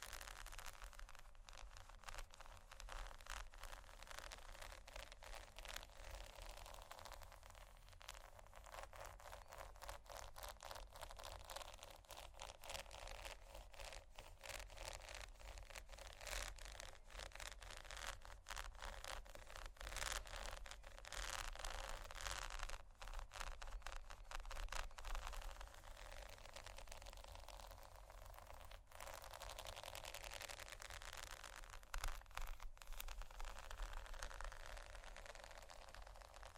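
Pearls are scratched and tapped in a dense, continuous rattle of fine clicks, steady throughout with brighter bursts scattered across the recording.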